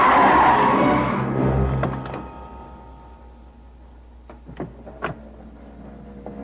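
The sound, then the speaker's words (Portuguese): A car skids to a stop with a loud, rough screech that fades over about two seconds, then a few faint ticks and sharp clicks follow in the quiet. “Mas por que foi que parou este carro horroroso?”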